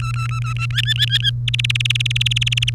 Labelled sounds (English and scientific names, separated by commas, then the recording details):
Domestic Canary (Serinus canaria) song
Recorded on 30 April 2018 at 17:43
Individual llb3